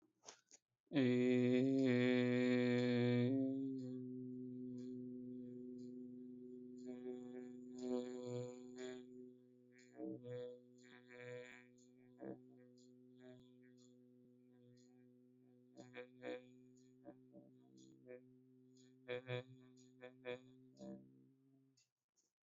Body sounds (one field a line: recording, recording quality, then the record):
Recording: sustained vowel as in made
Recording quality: excellent, no background noise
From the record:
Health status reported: healthy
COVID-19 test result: not tested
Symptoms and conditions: breathing difficulty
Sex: male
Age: 25 years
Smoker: yes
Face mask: not worn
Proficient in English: yes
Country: India